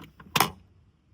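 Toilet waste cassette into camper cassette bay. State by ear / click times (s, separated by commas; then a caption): seated / 0.4 s. A camper toilet waste cassette is pushed fully into its bay along the rail, with a couple of faint light ticks at 0.0 s and 0.2 s as it slides. At 0.4 s the plastic locking lever snaps into place with a loud, sharp clack that rings briefly and fades by about 0.6 s. The cassette is seated and latched.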